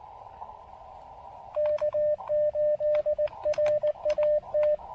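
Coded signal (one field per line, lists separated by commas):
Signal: Morse code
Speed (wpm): 19 wpm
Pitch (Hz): 590 Hz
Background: radio noise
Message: K8RAT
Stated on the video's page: QRP Morse during a POTA park activation at a state forest on a rainy day.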